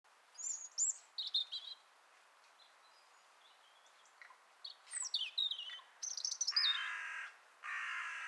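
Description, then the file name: European robin song, thin high warbled phrases with sliding whistles separated by short pauses, ending with two harsh, broad rasping bursts of a different sound. "Erithacus rubecula"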